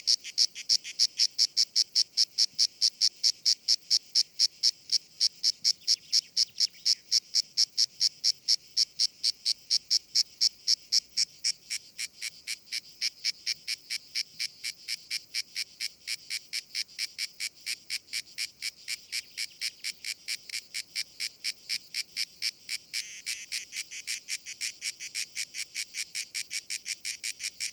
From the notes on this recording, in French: la Cigale grise (Cicada orni)